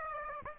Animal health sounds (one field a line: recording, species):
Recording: mosquito wingbeat signal from an infrared sensor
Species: Aedes aegypti